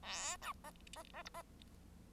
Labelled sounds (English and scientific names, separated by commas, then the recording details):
Bengalese Finch (Lonchura striata domestica) song
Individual Bird1